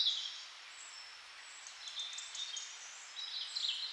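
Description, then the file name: Birds singing softly, a high whistled phrase at the start and another near the end, faint chirps between. "melodiez vogels"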